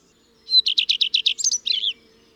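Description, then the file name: Common redstart song, one phrase with a thin lead-in note, a quick series of evenly repeated notes, then a short scratchy flourish. Garden bird. "Rougequeue a front blanc"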